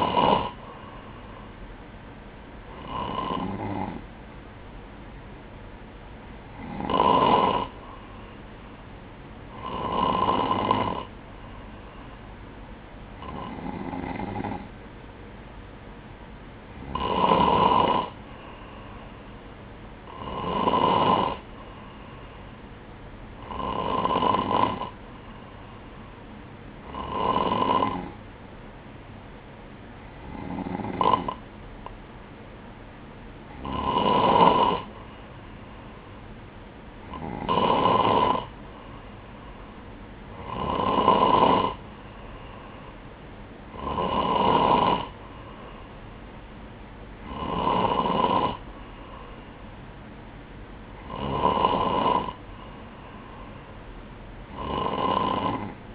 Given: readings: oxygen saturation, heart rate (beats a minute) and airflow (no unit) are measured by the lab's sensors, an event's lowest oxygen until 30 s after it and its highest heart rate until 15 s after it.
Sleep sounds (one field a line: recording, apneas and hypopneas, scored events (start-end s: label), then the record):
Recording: breathing in sleep by a voice recorder at the bedside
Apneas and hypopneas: none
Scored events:
none scored
From the record:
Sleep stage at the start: N3 (deep sleep)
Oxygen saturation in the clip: 95%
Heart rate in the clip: 59 to 63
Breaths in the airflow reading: 16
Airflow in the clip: -3.8 to 4.9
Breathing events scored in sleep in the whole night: 180 in 6.7 hours asleep